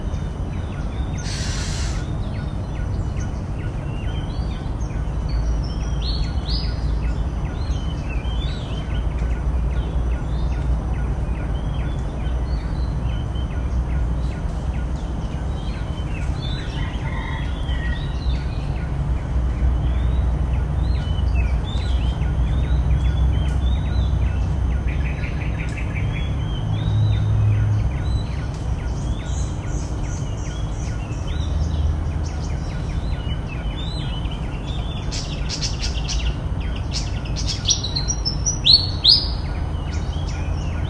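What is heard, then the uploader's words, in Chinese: Birds call in a garden over a steady low outdoor rumble, with a dense run of chirps and trills between about 2 and 5 kHz throughout. A few sharper, brighter calls stand out near the start and again toward the end, alongside a faint continuous high whine. 新加坡新加坡植物园中的鸟叫。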